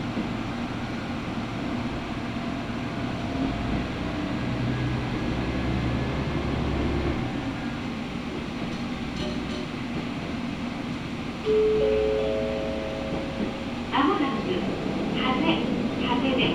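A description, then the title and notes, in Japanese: A Matsuura Railway train rumbles steadily with a deep, even hum, a brief tonal whine near twelve seconds, then rattling clatters after fourteen. 松浦鉄道 松浦→伊万里。松浦から伊万里は海岸線に沿ったりしながら磁器で有名な伊万里へ向かいます。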